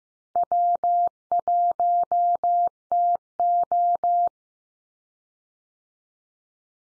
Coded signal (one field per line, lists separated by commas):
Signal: Morse code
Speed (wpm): 15 wpm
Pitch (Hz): 700 Hz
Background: none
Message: W1TO